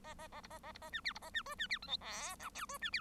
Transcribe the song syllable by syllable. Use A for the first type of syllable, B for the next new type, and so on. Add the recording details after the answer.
A A A B A A B A C D B A C E C D F G H I J E C D. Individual Bird1